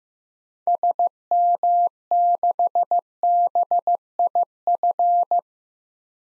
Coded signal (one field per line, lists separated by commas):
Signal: Morse code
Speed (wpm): 15 wpm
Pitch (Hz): 700 Hz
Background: none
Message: SM6BIF